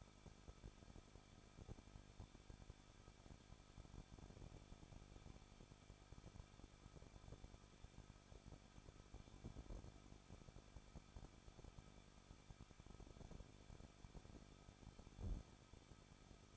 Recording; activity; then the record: daily activity, microphone in the room; no activity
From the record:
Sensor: 5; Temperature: 20.8 degrees Celsius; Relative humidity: 38.2%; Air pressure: 1006.5 hPa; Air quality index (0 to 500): 187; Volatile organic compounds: 18 ppm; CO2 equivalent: 2620 ppm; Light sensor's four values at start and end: 2/3/1/1 and 2/3/1/1